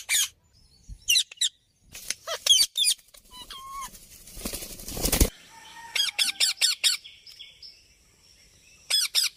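Bird giving harsh, high squawking calls in short bursts, with a loud whoosh of flapping wings midway and a few thin whistled notes.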